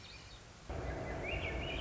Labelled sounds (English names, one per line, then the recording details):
Swainson's Thrush
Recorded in Sonoma County, California